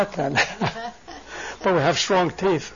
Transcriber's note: both laugh